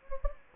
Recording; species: mosquito wingbeat signal from an infrared sensor; Anopheles gambiae